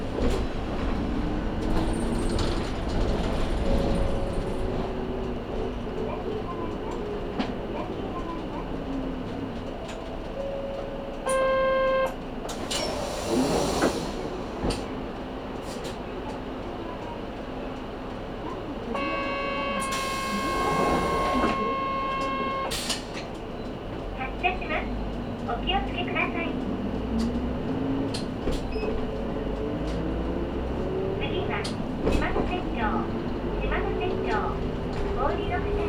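Ride on a Matsuura Railway train and Saihi bus: steady engine rumble with speech, and two long electronic chime tones around 11 and 20 seconds.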